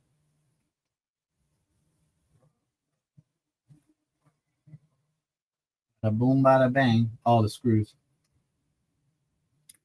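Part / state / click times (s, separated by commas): transmission part into an RC crawler chassis / seated / 9.7 s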